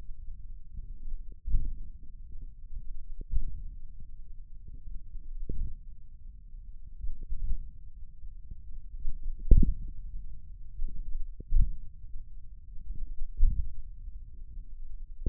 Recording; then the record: forearm muscle sounds (acoustic myography)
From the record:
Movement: index flexion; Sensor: system 1, eight BSWA MPA416 microphones around the upper forearm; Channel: 8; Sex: male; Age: 28 years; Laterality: right